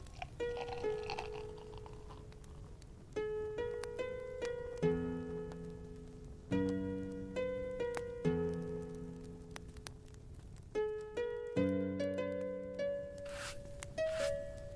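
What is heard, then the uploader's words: Lute music plays in short plucked phrases, clear notes ringing and fading, with deeper bass notes joining from about five seconds on. A low, steady rumble sits underneath throughout, and a brief bright clink sounds near the end. Quiet tavern asmr ambience with relaxing lute background music.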